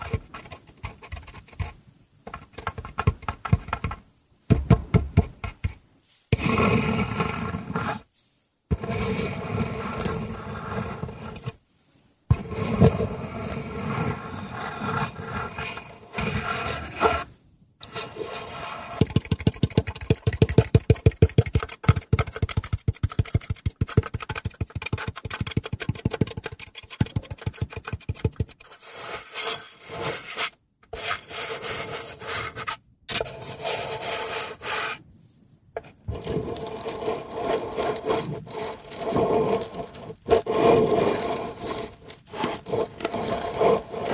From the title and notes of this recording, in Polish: ZAŚNIJ PRZY DŹWIĘKACH DREWNA! ASMR po polsku.